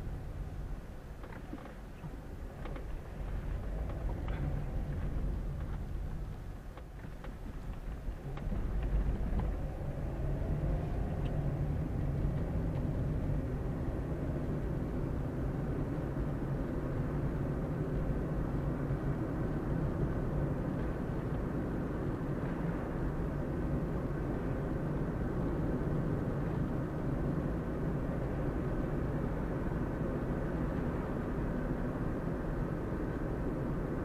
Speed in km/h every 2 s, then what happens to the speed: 7, 9, 14, 6, 11, 20, 28, 34, 39, 42, 44, 42, 44, 43, 46, 48, 47.
0-7 steady at about 7. 7-17 speeds up to 42. 17-34 steady at about 44.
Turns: none.